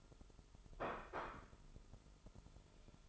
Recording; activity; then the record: daily activity, microphone in the room; place plate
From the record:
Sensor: 5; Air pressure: 988.7 hPa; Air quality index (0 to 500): 235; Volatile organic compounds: 192 ppm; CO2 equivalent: 4184 ppm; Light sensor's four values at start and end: 40/125/48/52 and 40/125/48/52